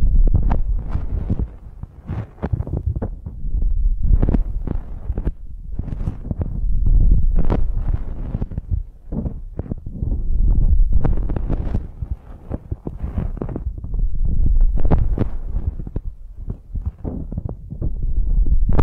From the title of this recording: 3D Ear Massage